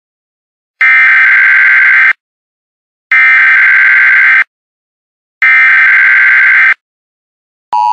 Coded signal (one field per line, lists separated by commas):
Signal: Emergency Alert System (SAME) tones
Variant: header bursts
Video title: EMERGENCY ALERT SYSTEM (To Prank) (All Is Fake)